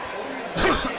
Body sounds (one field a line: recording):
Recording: coughing mixed with background sound